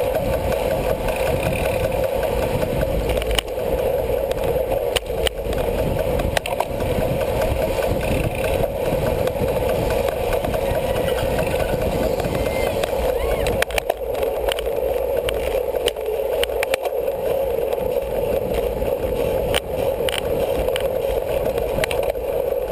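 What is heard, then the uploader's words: Bicycle racing: a steady, dense roar with heavy low rumble and a constant midrange whir, like wheels and wind passing. Sharp clicks and ticks cut through now and then, around the middle, and the level never really drops. Audio from an actual Criterium bike race. Bicycle Racing Audio.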